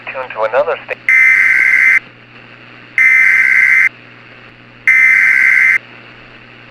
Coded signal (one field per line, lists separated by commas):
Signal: Emergency Alert System (SAME) tones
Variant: header bursts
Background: speech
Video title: EAS Scenario #4: Palo Verde